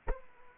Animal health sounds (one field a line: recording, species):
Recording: mosquito wingbeat signal from an infrared sensor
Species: Aedes aegypti